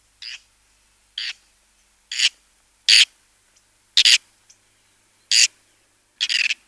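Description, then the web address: Whiskered tern giving short, sharp rasping notes, seven separate calls spaced roughly a second apart with silence between. "Schulze Peter Whiskered Tern"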